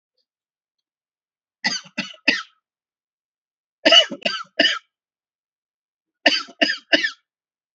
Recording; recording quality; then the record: shallow voluntary cough; excellent, no background noise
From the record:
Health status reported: respiratory illness, not identified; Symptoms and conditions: asthma, hypertension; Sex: male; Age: 50 years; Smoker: not ticked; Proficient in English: yes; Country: India